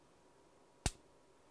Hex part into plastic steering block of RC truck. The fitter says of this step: not sure if you guys hear that but it snaps that way it's solid there now